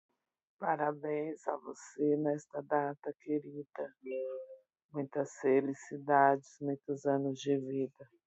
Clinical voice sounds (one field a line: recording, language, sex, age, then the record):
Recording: short text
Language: Brazilian Portuguese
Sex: female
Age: 40 to 49 years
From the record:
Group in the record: control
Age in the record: 42 years